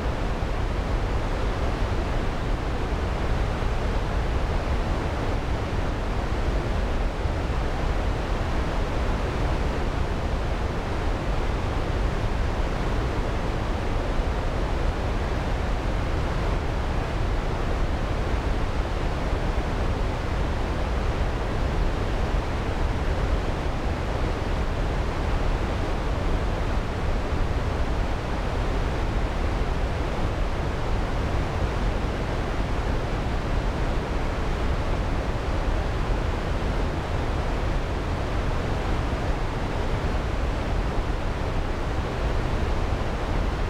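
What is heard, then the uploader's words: A waterfall rumbles without pause, a dense, even roar heavy in the low end with a softer hiss spread above it. The level holds almost perfectly steady for the whole stretch, with no distinct splashes or other sounds rising out of the wash. Behold The Rumbling Waterfall.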